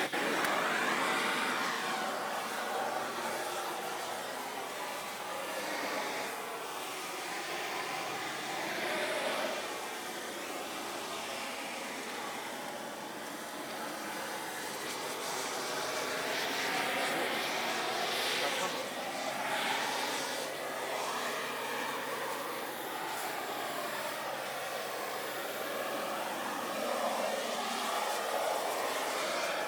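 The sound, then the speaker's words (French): A continuous roar of road traffic in Dunkerque, France, with passing cars making broad whooshing swells that rise and ease over a steady hiss. Indistinct voices can be faintly heard beneath it. “Donc là, il y a trop de voitures, donc allez, viens, on va hop, contourner tout ça.”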